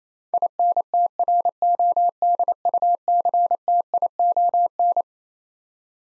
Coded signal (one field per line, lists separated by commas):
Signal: Morse code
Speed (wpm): 27 wpm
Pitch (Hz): 700 Hz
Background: none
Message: INTRODUCTION